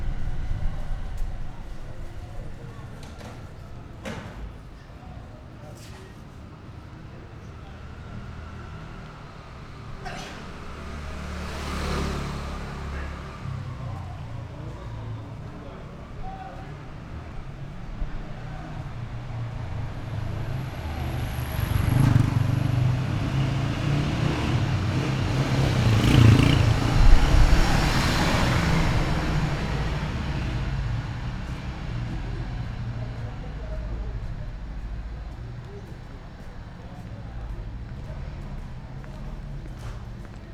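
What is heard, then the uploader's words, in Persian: Street ambience at an old gate near Tehran's Shapour bazaar, with a steady low rumble of traffic and voices underneath. Vehicles swell past, the loudest around 22 to 28 seconds, with a short high whine near 22 seconds and scattered sharp knocks early on. Darvaze ghadim Qazvin Bazaar shapour. Soundscapes of gates of Tehran, Sound artist: Vedad Famourzadeh.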